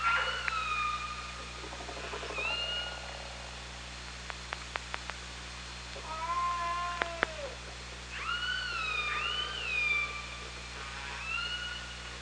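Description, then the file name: Killer whale calls: repeated loud, harmonic, upswept and falling cries in bursts, with a short run of sharp clicks midway, over steady underwater hum. OrcaLab hydrophone, 24 August 2017, around 18:30. "Orca Lab 20170824 183001"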